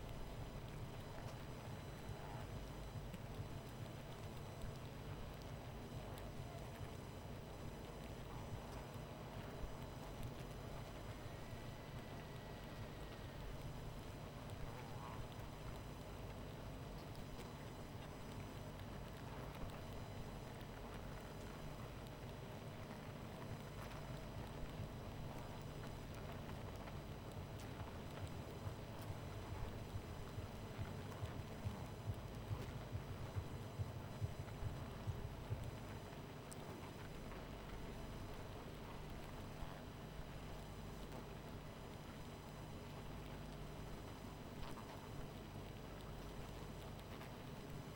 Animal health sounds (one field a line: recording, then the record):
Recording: honeybee colony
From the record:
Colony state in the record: missing queen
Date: 14 July 2017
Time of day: 23:38